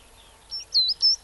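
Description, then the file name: Coal tit song, a few thin, high whistled notes in quick succession. "Birdsong-Coal Tit"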